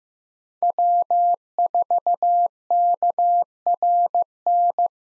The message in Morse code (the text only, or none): W4KRN